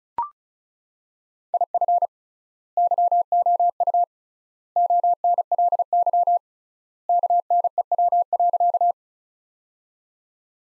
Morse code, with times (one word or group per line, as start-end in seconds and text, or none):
1.5-2.1 IF
2.8-4.0 YOU
4.8-6.4 ONLY
7.1-8.9 KNEW.